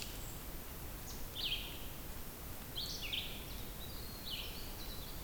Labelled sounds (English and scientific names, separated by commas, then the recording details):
Red-eyed Vireo (Vireo olivaceus) song
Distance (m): 45 m
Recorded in boreal forest in Alberta, Canada, on 2 June 2016 at 08:31
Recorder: SongMeter 3, array SBT-3-7
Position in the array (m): 309 m, 28 m